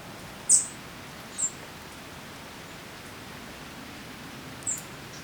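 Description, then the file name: European robin calling with three brief, high, thin notes spaced irregularly, over continuous soft hiss. "Erithacus rubecula"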